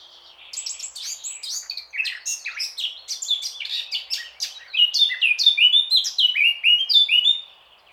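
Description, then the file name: Eurasian blackcap warbling song, a continuous run of rapid, varied chattering and fluty notes that grows louder and more ringing toward the end before stopping. "Sylvia atricapilla"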